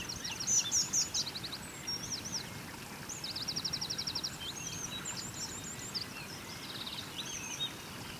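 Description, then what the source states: Bird song: rapid high trills and rattling note series, one long even trill in the middle, other birds twittering around it, and soft flowing water below. Birds singing beside a small river.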